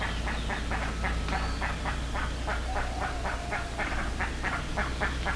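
Bird calls: harsh, squawking notes in a rapid, uneven series of about four per second throughout, over a steady low rumble.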